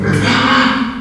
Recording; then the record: squeal of a Yucatan mini pig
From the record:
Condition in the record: after surgery on the right vocal fold (resection and tissue-engineered implant); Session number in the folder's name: 16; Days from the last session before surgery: 183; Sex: female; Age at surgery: 19 weeks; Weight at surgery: 25 kg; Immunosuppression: prednisolone